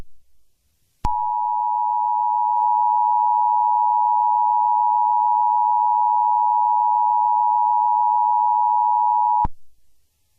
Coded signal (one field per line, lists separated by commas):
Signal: Emergency Alert System (SAME) tones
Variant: 853 and 960 Hz attention tone